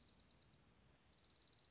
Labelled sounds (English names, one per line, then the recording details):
Dark-eyed Junco
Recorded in Sonoma County, California